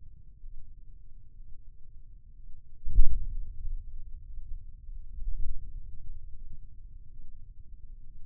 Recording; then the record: forearm muscle sounds (acoustic myography)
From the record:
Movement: hand closing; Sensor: system 2, bracelet of six BSWA MPA416 microphones around the upper forearm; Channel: 6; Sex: male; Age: 22 years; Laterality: right